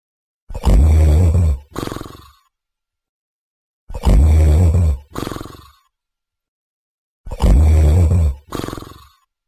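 Three loud, low, rumbling snores come at a steady pace of about 18 breaths a minute from an adult in deep sleep. Each has a long, coarse, vibrating intake followed by a shorter fluttering tail, the sound of ordinary deep-sleep snoring.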